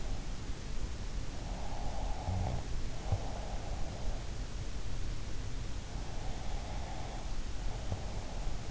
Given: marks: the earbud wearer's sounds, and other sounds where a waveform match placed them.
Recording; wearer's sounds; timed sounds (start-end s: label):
sounds in sleep by an in-ear microphone; breath
1.70-4.43 s: breath
5.99-8.71 s: breath